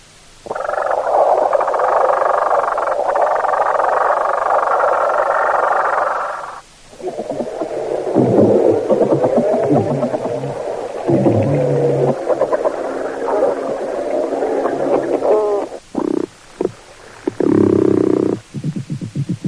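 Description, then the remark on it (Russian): Underwater hydrophone recording of fish: a steady buzzing, croak-like drone for several seconds, then irregular clicking, grinding and rasping bursts that stop and start, loud throughout, with no voices. The sounds are made by vibrating swim bladders, clicking gill covers or armour plates, and grinding teeth or vertebrae. “заставляя вибрировать резонансные устройства плавательных пузырей, щелкая жаберными крышками или костяшками брони, у кого она есть, скрежеща зубами, а то и позвонками о позвонки.”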